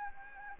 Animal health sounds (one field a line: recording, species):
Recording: mosquito wingbeat signal from an infrared sensor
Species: Anopheles gambiae